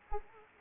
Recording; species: mosquito wingbeat signal from an infrared sensor; Anopheles arabiensis